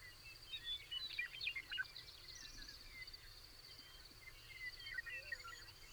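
Birds chirping in scattered bursts, livelier in the first two seconds, over a constant high drone and low rumbling noise.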